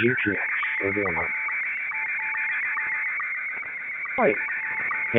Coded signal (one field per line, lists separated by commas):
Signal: SSTV (slow-scan television)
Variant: Scottie 1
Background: speech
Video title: ham ham